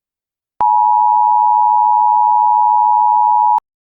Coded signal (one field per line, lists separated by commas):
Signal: Emergency Alert System (SAME) tones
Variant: 853 and 960 Hz attention tone